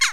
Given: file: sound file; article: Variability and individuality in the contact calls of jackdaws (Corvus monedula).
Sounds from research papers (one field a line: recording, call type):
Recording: jackdaw call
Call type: harmonic